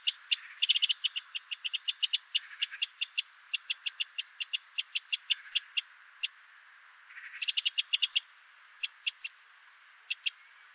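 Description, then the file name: Eurasian wren giving a long series of hard, dry tick calls, mostly evenly spaced, breaking into quicker bursts of ticks near the start and again after a short pause. "Troglodytes troglodytes"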